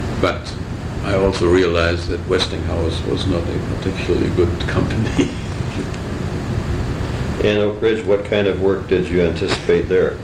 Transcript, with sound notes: But, I also realized that Westinghouse was not a particularly good company. [laughter]
And Oak Ridge.. .what kind of work did you anticipate there,